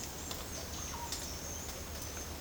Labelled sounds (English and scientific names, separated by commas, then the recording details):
none
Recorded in pastures near Puerto Asís, Putumayo, Colombia, on 30 June 2025 at 11:00
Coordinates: 0.496, -76.326
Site GP01